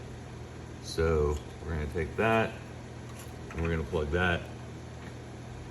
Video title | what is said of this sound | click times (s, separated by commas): Ch 5 Screen Reassembly and Into Head Unit | into, it doesn't snap, interesting. | none